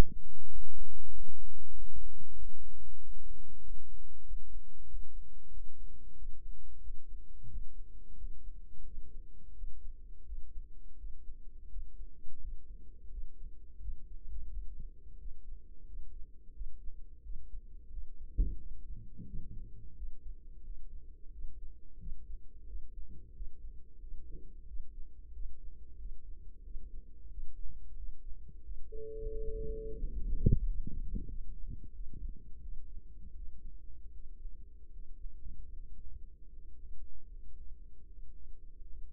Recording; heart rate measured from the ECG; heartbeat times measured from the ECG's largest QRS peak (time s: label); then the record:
heart sounds by microphone in the right ear; 88 bpm
0.45 s: heartbeat
1.08 s: heartbeat
1.69 s: heartbeat
2.32 s: heartbeat
2.95 s: heartbeat
3.58 s: heartbeat
4.21 s: heartbeat
4.84 s: heartbeat
5.47 s: heartbeat
6.12 s: heartbeat
6.77 s: heartbeat
7.45 s: heartbeat
8.14 s: heartbeat
8.81 s: heartbeat
9.51 s: heartbeat
10.22 s: heartbeat
10.94 s: heartbeat
11.66 s: heartbeat
12.37 s: heartbeat
13.07 s: heartbeat
13.77 s: heartbeat
14.46 s: heartbeat
15.15 s: heartbeat
15.82 s: heartbeat
16.50 s: heartbeat
17.19 s: heartbeat
17.87 s: heartbeat
18.54 s: heartbeat
19.22 s: heartbeat
19.92 s: heartbeat
20.60 s: heartbeat
21.28 s: heartbeat
21.95 s: heartbeat
22.63 s: heartbeat
23.30 s: heartbeat
23.96 s: heartbeat
24.63 s: heartbeat
25.29 s: heartbeat
25.95 s: heartbeat
26.60 s: heartbeat
27.26 s: heartbeat
27.92 s: heartbeat
28.60 s: heartbeat
29.27 s: heartbeat
29.94 s: heartbeat
30.59 s: heartbeat
31.25 s: heartbeat
31.91 s: heartbeat
32.59 s: heartbeat
33.32 s: heartbeat
34.09 s: heartbeat
34.88 s: heartbeat
35.68 s: heartbeat
36.46 s: heartbeat
37.23 s: heartbeat
37.99 s: heartbeat
38.74 s: heartbeat
From the record:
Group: healthy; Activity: rest 0-30 s, breath hold 30-39 s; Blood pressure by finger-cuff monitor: 113/68 mmHg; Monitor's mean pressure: 84 mmHg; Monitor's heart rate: 88 bpm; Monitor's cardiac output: 7.2 L/min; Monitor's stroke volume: 81 mL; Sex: female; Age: 32 years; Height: 172 cm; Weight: 71.7 kg